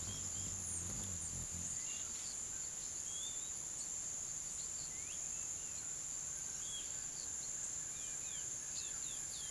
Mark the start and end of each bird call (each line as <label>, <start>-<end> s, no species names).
bird call, 0.00-3.61 s
bird call, 6.43-9.50 s